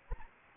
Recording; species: mosquito wingbeat signal from an infrared sensor; Anopheles gambiae